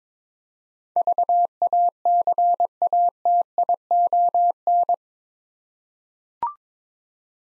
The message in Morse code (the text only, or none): VACATION